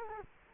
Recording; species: mosquito wingbeat signal from an infrared sensor; Culex quinquefasciatus